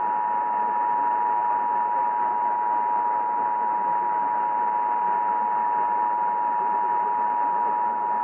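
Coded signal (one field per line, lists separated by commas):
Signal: Emergency Alert System (SAME) tones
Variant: 853 and 960 Hz attention tone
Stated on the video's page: Arkansas Required Monthly Test originated by the state educational network and relayed on all Arkansas radio and TV stations.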